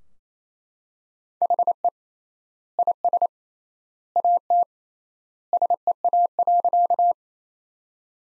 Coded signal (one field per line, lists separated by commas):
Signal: Morse code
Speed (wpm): 28 wpm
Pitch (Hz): 700 Hz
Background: none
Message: HE IS AT SEA.